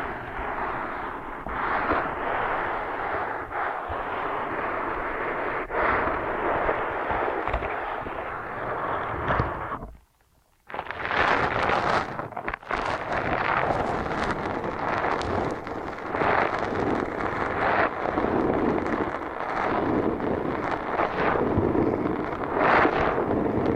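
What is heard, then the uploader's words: Ear-cleaning sounds fill the ears with dense, steady scratching and rubbing, broken by one brief silence around ten seconds. ASMR Intense Ear Stimulation Ear Cleaning, Kinetic Sand, Piercing Sounds (No Talking).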